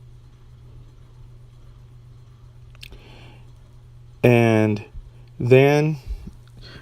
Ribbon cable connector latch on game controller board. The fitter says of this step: that you push down so that it locks into place just do it kind of gently and